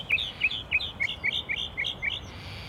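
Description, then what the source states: Northern Mockingbird song: a quick series of short, sharp chirped notes, alternating lower and higher, over faint background hiss. Singing in a tree right next to the recordist.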